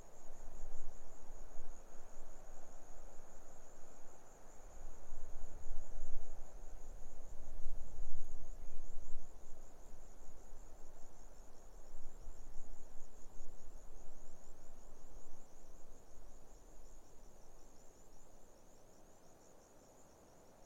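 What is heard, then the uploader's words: Grasshoppers keep up a steady, high buzzing trill while wind rushes low through the trees, gusting louder midway then easing off toward the end. (Autumn) Quiet Afternoon In The Barrier Ranges. Recorded on a lukewarm afternoon in the Australian outback, not far from the "city" of Broken Hill.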